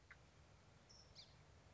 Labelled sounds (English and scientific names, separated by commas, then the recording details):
Song Sparrow (Melospiza melodia)
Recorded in Sonoma County, California